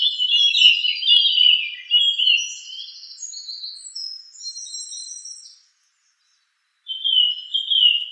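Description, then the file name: Song thrush song: dense, varied warbling and scratchy high notes, a pause of about a second, then a short repeated phrase. "suara kicauan burung song thrush. omkicau"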